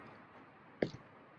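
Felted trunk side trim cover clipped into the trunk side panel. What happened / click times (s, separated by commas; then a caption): The trim cover's clips popped loose / 0.8 s. A left-hand felted trunk side trim cover, clipped into the trunk side panel, is pulled up, and its snap-in clips release with a sharp click at 0.8 s, followed by a softer click just after. The cover pops off its clips to reveal an extra fuse box.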